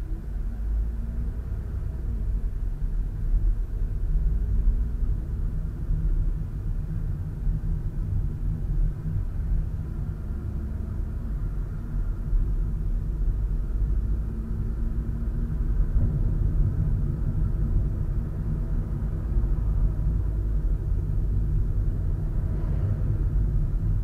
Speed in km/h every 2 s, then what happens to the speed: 13, 15, 20, 23, 23, 26, 29, 33, 35, 33, 31, 30.
0-15 speeds up to 35. 15-24 steady at about 31.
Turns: 5-11.